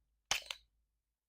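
A CO2 cartridge is tapped into a less-lethal launcher to pierce it, giving a sharp crack at 0.3 s followed by a smaller snap at 0.5 s, with a brief broadband tail that fades by about 0.7 s. The cartridge seats and is pierced, and a little gas escapes.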